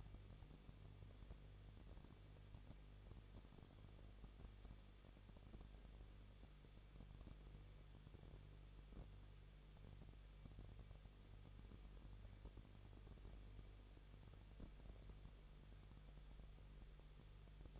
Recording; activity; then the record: daily activity, microphone in the room; no activity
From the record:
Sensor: 4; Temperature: 23.1 degrees Celsius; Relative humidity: 34.1%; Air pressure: 1007.2 hPa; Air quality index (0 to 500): 216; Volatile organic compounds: 15 ppm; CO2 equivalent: 2490 ppm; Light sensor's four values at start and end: 2/3/1/1 and 2/3/1/1